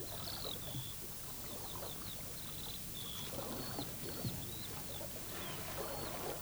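Riverside ambience on an early summer evening: a steady, even rush of flowing river water fills the background while a bird sings short, repeated high chirps and whistles over it throughout.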